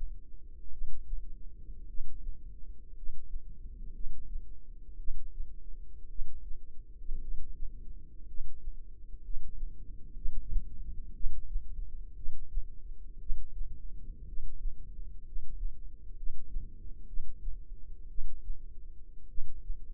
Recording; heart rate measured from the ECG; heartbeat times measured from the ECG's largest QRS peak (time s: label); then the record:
heart sounds by microphone in the left ear; 58 bpm
0.69 s: heartbeat
1.85 s: heartbeat
2.93 s: heartbeat
3.91 s: heartbeat
4.96 s: heartbeat
6.07 s: heartbeat
7.19 s: heartbeat
8.25 s: heartbeat
9.20 s: heartbeat
10.13 s: heartbeat
11.12 s: heartbeat
12.14 s: heartbeat
13.17 s: heartbeat
14.24 s: heartbeat
15.23 s: heartbeat
16.14 s: heartbeat
17.05 s: heartbeat
18.07 s: heartbeat
19.26 s: heartbeat
From the record:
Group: healthy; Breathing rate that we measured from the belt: 10 breaths a minute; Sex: male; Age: 25 years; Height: 170 cm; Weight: 70.4 kg